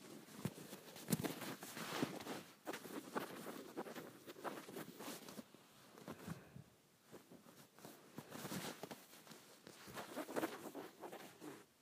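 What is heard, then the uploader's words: Fabric of a shirt being scratched in irregular bursts of bright rasping strokes, dense early, easing around six seconds, then resuming. Scratching my Shirt.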